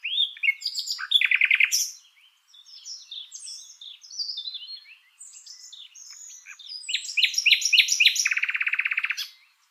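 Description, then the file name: Common nightingale song: rapid throbbing notes, a run of descending whistled chirps, then a crescendo of fast repeated notes ending in a buzzy trill. "Luscinia megarhynchos"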